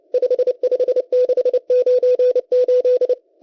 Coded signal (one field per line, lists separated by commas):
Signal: Morse code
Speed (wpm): 29 wpm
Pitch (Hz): 500 Hz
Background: none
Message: 55698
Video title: M12 Morse Code Numbers 25/04/2024 2020 UTC 11139kHz